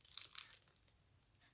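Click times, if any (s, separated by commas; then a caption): none. An FPV camera is tried in a screwless camera mount with camera tilt, to see whether it clicks in place. Crinkly, crunching packaging sounds come in sharp bursts during the first 0.8 seconds, then fade to near silence. The camera does not click in place.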